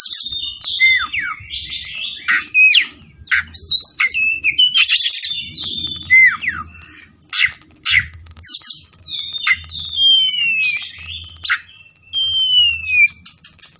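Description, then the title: Oriental magpie-robin singing continuously, sharp whistled notes sweeping down, scratchy chattering bursts and clear slurred phrases with brief pauses. Kacer fighting song (ngotot, full tembakan), meant to make a kacer fight within minutes. "Kacer Langsung Tarung Konslet KACER NGOTOT FULL TEMBAKAN"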